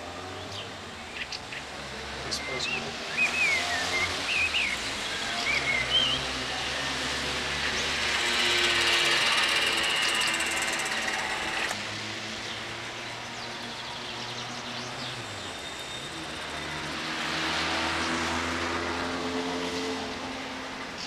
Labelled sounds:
Common Blackbird song

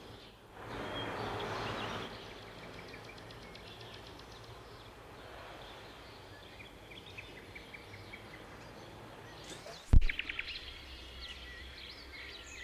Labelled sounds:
Common Nightingale song

